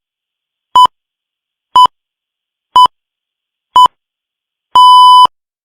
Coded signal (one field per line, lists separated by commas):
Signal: radio time signal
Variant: time pips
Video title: The Pips Sound Effect